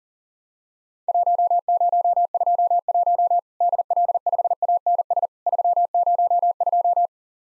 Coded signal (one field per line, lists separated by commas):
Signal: Morse code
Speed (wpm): 40 wpm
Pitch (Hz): 700 Hz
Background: none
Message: 1021 DL5ANS 302